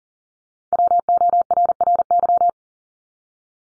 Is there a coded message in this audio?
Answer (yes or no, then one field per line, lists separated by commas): yes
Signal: Morse code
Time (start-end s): 0.7-2.5 s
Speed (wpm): 40 wpm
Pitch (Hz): 700 Hz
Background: none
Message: WORRY